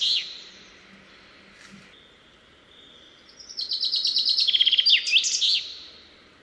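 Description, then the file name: Common chaffinch singing one phrase: a series of high repeated notes dropping in pitch and closing with a brisk terminal flourish, after a few soft high notes. "Fringilla coelebs"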